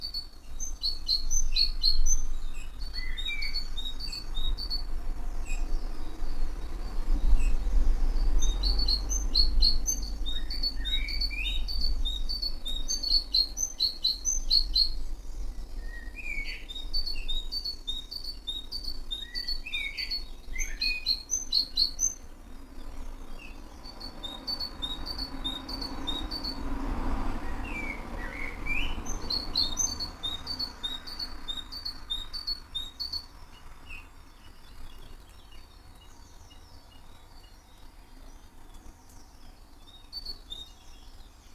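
Several kinds of birds call back and forth in an early-morning garden. Bright, rapid trilling phrases repeat every few seconds, mixed with shorter rising chirps and whistles, over a steady low rumble that eases slightly toward the end.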